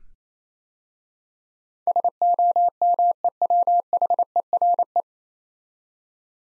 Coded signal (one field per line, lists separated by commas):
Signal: Morse code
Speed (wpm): 27 wpm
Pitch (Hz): 700 Hz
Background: none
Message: SOMEWHERE